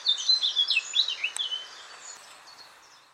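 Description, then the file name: Eurasian blackcap song: an energetic warbling phrase of quick chirps and slurred whistles at the start, fading into quieter background after about one and a half seconds. "Sylvia atricapilla"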